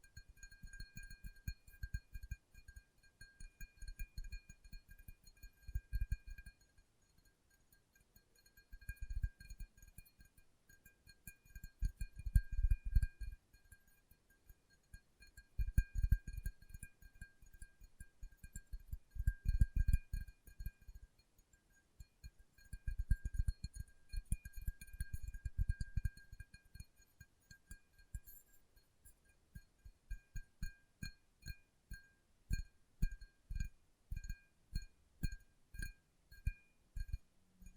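Fingertips tap in soft, low thuds, first in dense bursts of a few seconds with short pauses between. After about 28 seconds the tapping turns into a quicker, steadier run of separate taps. A thin, steady high whine lingers faintly behind throughout.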